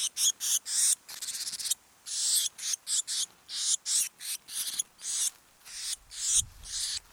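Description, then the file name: Eurasian blue tit giving harsh, hissing scold notes in quick irregular bursts, some short and some drawn out, with brief gaps between. "Cyanistes caeruleus"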